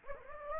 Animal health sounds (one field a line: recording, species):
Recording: mosquito wingbeat signal from an infrared sensor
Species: Anopheles gambiae